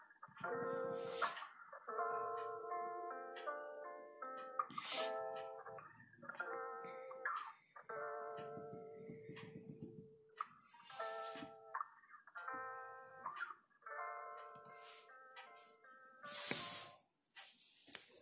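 Mellow lofi music plays in short phrases of soft, sustained chords, with brief pauses around 7 and 14 seconds. Bright, crisp rustles, like pages flipping, cut through every few seconds, strongest near 1, 5, 11 and 17 seconds.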